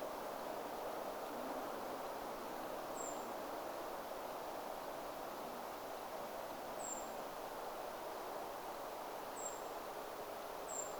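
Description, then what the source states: Eurasian treecreeper uttering four faint, thin, very high descending calls spaced one to four seconds apart against constant rushing background noise. Recorded 29 October 2025.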